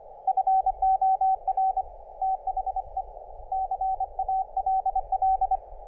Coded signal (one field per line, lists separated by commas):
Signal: Morse code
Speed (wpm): 24 wpm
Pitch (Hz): 760 Hz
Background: none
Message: FOR THE CALL